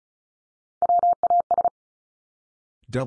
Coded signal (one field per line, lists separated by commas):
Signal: Morse code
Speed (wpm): 36 wpm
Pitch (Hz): 700 Hz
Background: none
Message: WAS